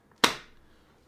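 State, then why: Seated. A Cosmic Orange iPhone 17 Pro Max is pressed into a thick plastic Spigen Classic LS protective case. After a faint tick, a single sharp, solid click at 0.2 s decays quickly into quiet. The phone is seated in the case.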